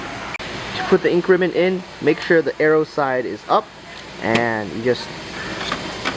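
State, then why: Not seated. An ink ribbon cartridge is being handled for insertion into an open portable label printer, arrow side up, while someone talks over a low steady background hum. The clip ends before the cartridge goes in, so nothing has seated or clicked yet.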